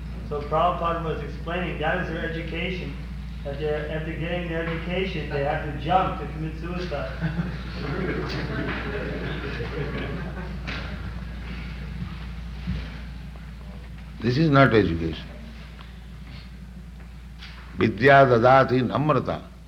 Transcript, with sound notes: So Prabhupāda was explaining that is their education, that after getting their education, they have to jump to commit suicide. [laughter]
This is not education. Vidyā dadhāti namratā.